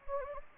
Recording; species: mosquito wingbeat signal from an infrared sensor; Anopheles gambiae